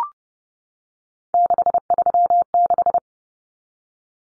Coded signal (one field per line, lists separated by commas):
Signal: Morse code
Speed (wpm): 30 wpm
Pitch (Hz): 700 Hz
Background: none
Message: 636